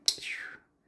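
A blade on an American Blade Works diamond-milled titanium and Magnacut slipjoint knife is worked a different way and snaps into position, its tang striking the backspring in the handle. A loud, sharp snap at 0.1 s is followed by a bright metallic ring that slides down in pitch and fades out by about 0.6 s. The blade seats with a good snap.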